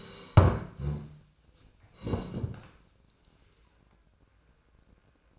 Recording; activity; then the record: daily activity, microphone in the room; sit down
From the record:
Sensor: 2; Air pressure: 1012.1 hPa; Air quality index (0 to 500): 161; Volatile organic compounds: 2 ppm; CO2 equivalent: 1180 ppm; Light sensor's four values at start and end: 48/111/51/58 and 56/134/60/68